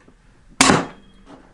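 The steel dust cover of an AK-pattern rifle, held with forward and downward pressure to keep it in the front groove, is struck with the edge of a hand during reassembly after a field strip. One sharp, bright hit at 0.6 s rings out and fades over about a third of a second. The dust cover locks into place on the receiver.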